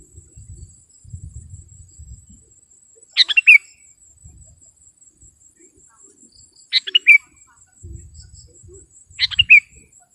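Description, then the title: Sooty-headed bulbul singing three short, liquid, slurred phrases spaced a few seconds apart, over a faint steady high hiss and occasional low rumbling. "kutilang"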